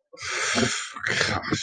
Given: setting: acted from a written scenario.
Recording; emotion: vocal sound without words; contempt